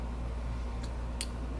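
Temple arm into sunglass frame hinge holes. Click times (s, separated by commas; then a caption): 1.2 s. The plastic temple arm of a pair of Oakley Flak Jacket XLJ sunglasses is pushed forward so its tabs go into the holes on the frame hinge. A faint tick comes at about 0.8 s, then a sharp snap at 1.2 s as the temple seats onto the frame, all over a steady low hum.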